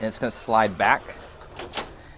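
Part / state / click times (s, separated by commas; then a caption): server inner rails latching in outer rack rails / seated / 1.6 s, 1.7 s. A Dell PowerEdge R650xs server's inner rails slide back into the outer rack rails after the two blue release clips are pushed, while someone talks. Two sharp clicks follow at 1.6 s and 1.7 s as the rails latch and the server locks into place.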